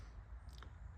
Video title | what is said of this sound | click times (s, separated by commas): Camaro SS RS Convertible - Project Junker - Will It Run??? Can I Fix It??? | And it's popped into place. | 0.6 s